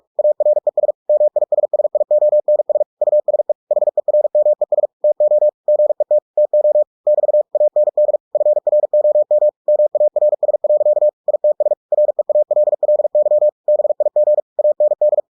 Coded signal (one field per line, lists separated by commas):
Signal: Morse code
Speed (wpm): 46 wpm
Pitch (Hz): 600 Hz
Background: none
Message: ARES MISSIONS USE HERMES TO GET TO <BT> AND FROM MARS. ITS REALLY BIG AND